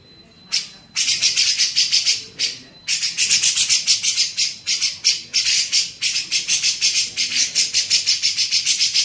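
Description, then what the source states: Grey-cheeked bulbul chattering: a single buzzy note, then long runs of rapid rasping pulses with a brief pause. Masteran training recording made for teaching songbirds.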